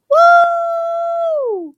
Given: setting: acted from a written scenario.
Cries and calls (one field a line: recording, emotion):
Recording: vocal sound without words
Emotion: triumph